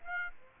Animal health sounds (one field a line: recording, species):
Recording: mosquito wingbeat signal from an infrared sensor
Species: Aedes aegypti